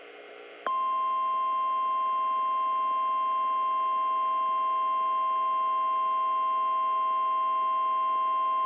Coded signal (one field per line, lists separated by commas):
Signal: Emergency Alert System (SAME) tones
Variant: 1050 Hz attention tone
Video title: Severe Thunderstorm Warning (EAS #324)